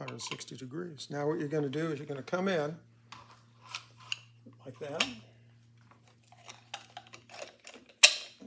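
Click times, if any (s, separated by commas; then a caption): 8.0 s. A clock mainspring for a Victor III spring barrel is turned about 160 degrees and pushed in until its end engages the hook or slot in the metal spring barrel, while someone talks. Faint metallic ticks and scrapes follow as it is worked in, then a sharp click at 8.1 s as the mainspring hooks onto the barrel and is seated.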